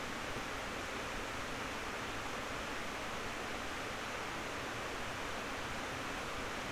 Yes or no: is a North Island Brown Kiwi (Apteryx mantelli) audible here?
no